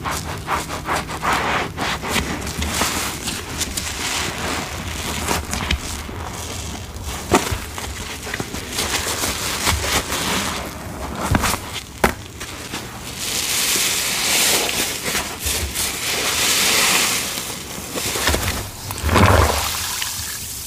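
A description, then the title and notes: A sponge is squeezed and rinsed, with wet squelches, crackling drips and trickling water running throughout. Sharp wet pops land near seven and twelve seconds, and longer gushing rinses swell from about fifteen to twenty seconds over a faint low hum. Black & Yellow Sponge Rinse. Washing Away Black Iron Oxide Glitter Paste. ASMR Sponge Squeezing and Rinsing Sounds.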